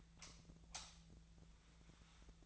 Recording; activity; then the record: daily activity, microphone in the room; light off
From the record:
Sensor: 3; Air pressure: 1009.8 hPa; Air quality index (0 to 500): 190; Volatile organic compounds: 14 ppm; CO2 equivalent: 2475 ppm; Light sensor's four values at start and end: 45/119/50/51 and 39/96/41/44